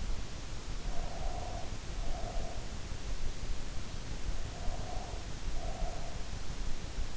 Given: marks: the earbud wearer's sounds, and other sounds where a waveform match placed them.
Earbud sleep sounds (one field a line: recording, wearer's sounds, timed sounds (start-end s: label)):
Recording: sounds in sleep by an in-ear microphone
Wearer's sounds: breath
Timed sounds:
0.86-2.77 s: breath
4.38-6.56 s: breath